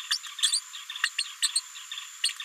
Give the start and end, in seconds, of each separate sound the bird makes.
0.10-0.18, 0.38-0.60, 1.03-1.10, 1.18-1.24, 1.42-1.52, 1.55-1.61, 2.23-2.32